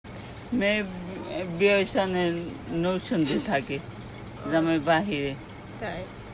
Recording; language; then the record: elicited speech; Bengali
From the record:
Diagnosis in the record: Broca's or global aphasia after a stroke